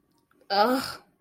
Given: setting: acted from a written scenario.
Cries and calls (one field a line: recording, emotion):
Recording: vocal sound without words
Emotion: sadness